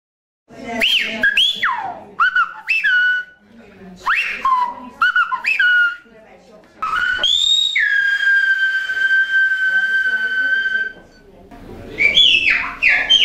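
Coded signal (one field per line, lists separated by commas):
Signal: whistled language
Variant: Silbo Gomero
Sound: loud piercing whistles gliding up and down in two phrases, one long held note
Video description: The initial sounds in the video mean "Bienvenidos a la Gomera" (in Spanish) and the second sentence corresponds with the English translation "Welcome to La Gomera" in Silbo.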